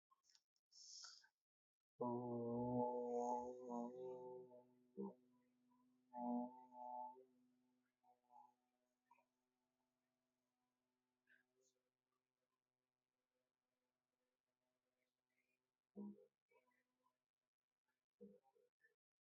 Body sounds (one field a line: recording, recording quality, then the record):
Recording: sustained vowel as in boot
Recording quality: excellent, no background noise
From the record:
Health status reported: healthy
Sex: male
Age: 29 years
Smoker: yes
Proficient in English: yes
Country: India